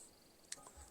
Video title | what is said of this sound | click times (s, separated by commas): 🔧Budget Build NASCAR Camry / Rear Suspension Installation ! | it's locked into place there and that can't move | 0.5 s